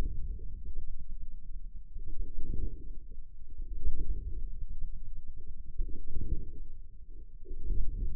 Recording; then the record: forearm muscle sounds (acoustic myography)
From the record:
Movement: inward rotation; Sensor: system 2, bracelet of six BSWA MPA416 microphones around the upper forearm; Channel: 6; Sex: male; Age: 22 years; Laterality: right